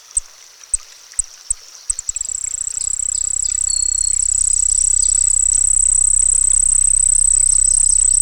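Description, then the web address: Cricket: a few sharp clicks open, then crickets start a steady, very high trill that continues to the end over a low hum. Crickets singing by a pond. "Dr Sound Effects. Crickets Singing By a Pond"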